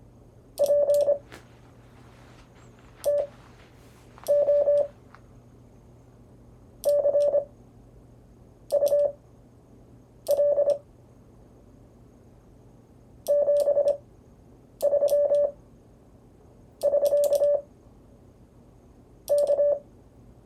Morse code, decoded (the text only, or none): PTO CUL 73 <SK> K